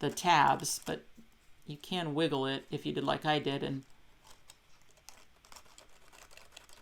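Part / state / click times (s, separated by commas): paper smokestack tabs into slots on a paper boat deck / not seated / none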